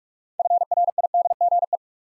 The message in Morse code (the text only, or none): FRIDGE